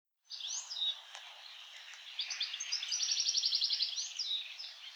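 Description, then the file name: European goldfinch twittering, with bright, tinkling notes and short rattled buzzy trills in a continuous stream. A single sharp click is heard early on. "Carduelis carduelis"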